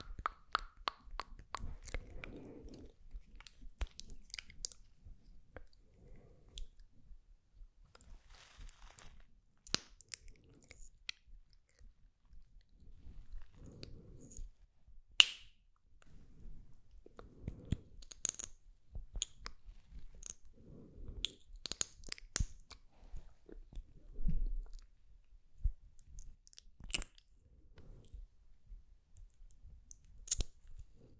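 Close mouth sounds with lip gloss being applied: sticky clicks, smacks and whispered "sk" and "tk" syllables come in quick scattered bursts throughout. Short crisp ticks alternate with soft low puffs, with a sharper snap around fifteen seconds and otherwise quiet gaps between.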